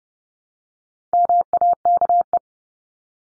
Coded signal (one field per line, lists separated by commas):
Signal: Morse code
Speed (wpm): 30 wpm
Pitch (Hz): 700 Hz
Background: none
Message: MAKE